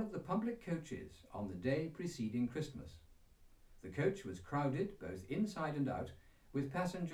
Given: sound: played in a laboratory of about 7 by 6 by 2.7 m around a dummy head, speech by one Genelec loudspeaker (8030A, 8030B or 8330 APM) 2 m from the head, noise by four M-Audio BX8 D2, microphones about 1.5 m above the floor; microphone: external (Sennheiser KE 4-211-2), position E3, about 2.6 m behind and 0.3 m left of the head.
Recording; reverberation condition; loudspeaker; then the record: male speech in English; low; 30 degrees to the left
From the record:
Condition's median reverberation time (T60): about 310 ms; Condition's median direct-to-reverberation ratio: about 3.5 dB